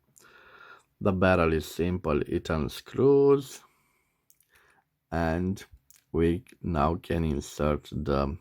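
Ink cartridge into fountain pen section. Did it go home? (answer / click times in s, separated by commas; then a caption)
no / none. Someone talks while handling a black Herlitz My Pen school fountain pen with its barrel unscrewed, getting ready to push a plastic ink cartridge onto the feed in the section. Faint handling ticks occur at about 0.2 s, 4.3 s and 4.4 s between the speech. The cartridge has not seated or clicked in yet.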